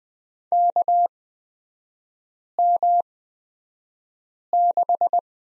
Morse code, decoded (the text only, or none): KM6